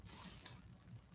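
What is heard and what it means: A box clasp on a pre-owned sterling silver bracelet is closed by pushing its tongue into the clasp box until it catches. A single sharp click is heard at 0.5 s over a low background hum, with a fainter tick near 1.0 s, and the clasp is seated shut.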